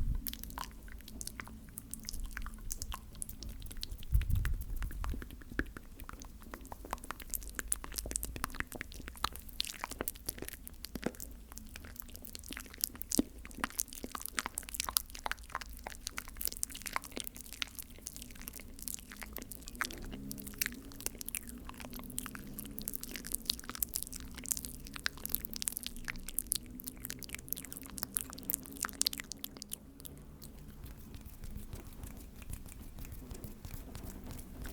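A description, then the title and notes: Wet mouth sounds fill the clip: sticky clicks and smacks come in quick, uneven bursts throughout, dense and crisp. A low thump lands near four seconds, and a soft murmur rises under the clicking around twenty seconds, with a brief lull near thirty. ASMR Spit Painting Your FACE (MOUTH SOUNDS).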